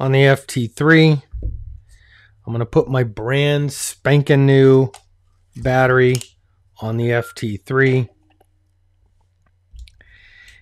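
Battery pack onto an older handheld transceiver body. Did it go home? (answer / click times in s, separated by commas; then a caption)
no / none. Someone talks while fitting a brand-new battery pack from the new Yaesu FT5D handheld radio onto the body of the older Yaesu FT3 handheld transceiver, and faint handling clicks and taps follow near the end. The pack goes on, but nothing has seated or clicked yet: it does not latch because the older FT3 lacks the lip the latch needs to lock in.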